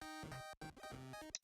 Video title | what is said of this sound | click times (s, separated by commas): Better Than the Originals! - Knockoff TF Prime 1st Edition Bulkhead and Arcee | And that actually, you can hear it click, and that actually locks this together pretty solidly. | 1.3 s